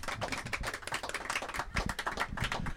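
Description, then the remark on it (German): An audience applauds a man who has been serving them, many hands clapping in a dense, rapid patter of sharp crackling claps that holds at an even, moderate level throughout, with no voices. “Und eigentlich ist das jetzt auch mal ein Platz für einen Applaus für David, der euch nämlich die ganze Zeit über bedient.”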